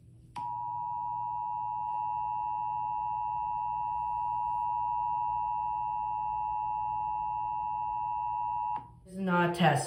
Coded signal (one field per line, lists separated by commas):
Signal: Emergency Alert System (SAME) tones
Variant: 853 and 960 Hz attention tone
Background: speech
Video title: EAS scenario 5 Barney error￼ 4/5 The return of the devil mafia the rise of Barney￼ error￼